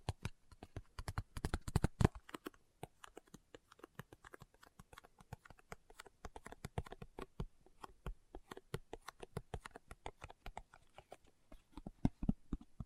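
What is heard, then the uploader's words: Fingertips tap in a rapid, uneven patter of short, crisp clicks that runs steadily through the whole recording. The taps vary in strength, with a few sharper, louder strikes near the two-second mark and again around twelve seconds. ASMR Tapping with Fingertips (No Talking).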